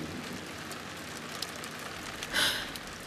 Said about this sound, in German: Der Regen, der erst nachgelassen hatte, plätterte plötzlich aufs Dach wie nach einem Donnerschlag.